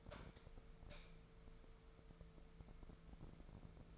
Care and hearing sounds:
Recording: daily activity, microphone in the room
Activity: light on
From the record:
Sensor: 5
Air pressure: 1014.6 hPa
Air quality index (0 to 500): 152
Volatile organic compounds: 4 ppm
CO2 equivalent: 1669 ppm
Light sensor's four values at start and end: 73/175/71/75 and 73/177/72/75

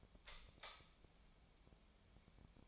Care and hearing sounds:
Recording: daily activity, microphone in the room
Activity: light off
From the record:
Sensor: 1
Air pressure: 1009.9 hPa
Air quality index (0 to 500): 189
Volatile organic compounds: 17 ppm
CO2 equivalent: 2599 ppm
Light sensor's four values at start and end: 46/131/54/62 and 36/92/38/47

